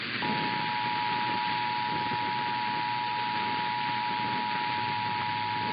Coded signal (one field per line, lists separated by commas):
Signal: Emergency Alert System (SAME) tones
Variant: 853 and 960 Hz attention tone